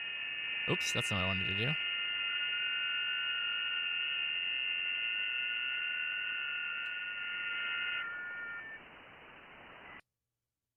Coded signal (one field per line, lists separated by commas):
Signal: FT8